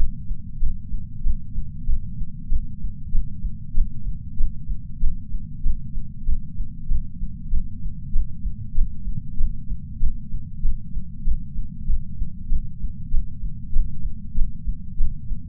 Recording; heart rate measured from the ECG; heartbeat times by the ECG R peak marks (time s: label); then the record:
heart sounds by patch sensor on the chest; 96 bpm
0.56 s: heartbeat
1.20 s: heartbeat
1.83 s: heartbeat
2.46 s: heartbeat
3.09 s: heartbeat
3.71 s: heartbeat
4.34 s: heartbeat
4.97 s: heartbeat
5.60 s: heartbeat
6.22 s: heartbeat
6.85 s: heartbeat
7.47 s: heartbeat
8.09 s: heartbeat
8.72 s: heartbeat
9.34 s: heartbeat
9.96 s: heartbeat
10.59 s: heartbeat
11.21 s: heartbeat
11.83 s: heartbeat
12.46 s: heartbeat
13.08 s: heartbeat
13.70 s: heartbeat
14.32 s: heartbeat
14.94 s: heartbeat
From the record:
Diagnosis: coronary artery disease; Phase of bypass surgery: preoperative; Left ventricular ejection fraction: 60.9%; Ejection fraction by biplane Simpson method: 52.5%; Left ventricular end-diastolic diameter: 49 mm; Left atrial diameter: 38 mm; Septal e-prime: 4.5 cm/s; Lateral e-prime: 5.9 cm/s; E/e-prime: 13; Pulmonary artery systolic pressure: 21 mmHg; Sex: female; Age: 74 years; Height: 160 cm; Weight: 64 kg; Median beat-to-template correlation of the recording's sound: 0.92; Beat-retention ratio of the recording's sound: 0.97